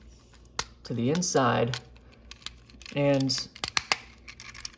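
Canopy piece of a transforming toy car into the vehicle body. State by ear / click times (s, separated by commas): seated / 3.8 s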